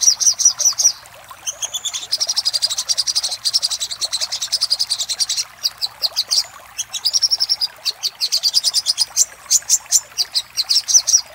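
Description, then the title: Little spiderhunter song: quick high chirps, a sustained rattling trill, then bursts of sharp repeated notes with brief pauses. Master recording of the 'labaik' song type, used for training cage birds. "Sogok Ontong Labaik"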